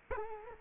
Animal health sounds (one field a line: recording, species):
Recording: mosquito wingbeat signal from an infrared sensor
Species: Culex quinquefasciatus